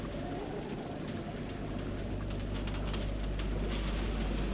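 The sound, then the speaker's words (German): Rain beats steadily against a window pane during a thunderstorm, a dense, even hiss broken by scattered sharper taps of individual drops, with a low rumble underneath and no voices. “Der Regen klatscht gegen die Scheibe.”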